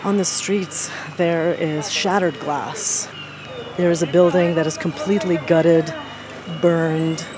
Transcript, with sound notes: On the streets, there is shattered glass. (SOUNDBITE OF SIRENS WAILING) There is a building that is completely gutted, burned.